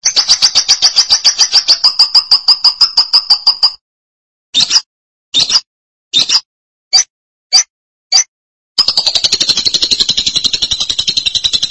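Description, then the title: Lovebird song: a long, rapid, high buzzy trill, a pause, six short chattering bursts, then another sustained trill. "BM Suara Burung Lovebird"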